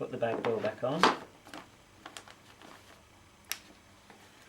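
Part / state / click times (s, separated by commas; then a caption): bag door into vacuum cleaner body / seated / 3.5 s. The bag compartment door of a Sebo K1 Pet cylinder vacuum cleaner is put back onto the vacuum body and pressed closed while someone talks. A few light handling knocks come around 1.5–2.6 s, then a single sharp click at 3.5 s as the door seats and shuts.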